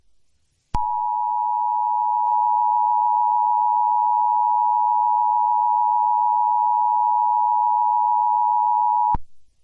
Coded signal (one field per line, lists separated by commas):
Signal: Emergency Alert System (SAME) tones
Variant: 853 and 960 Hz attention tone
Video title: EAS Child Abduction Emergency Amber Alert Recreation (North Carolina) 7/26/2024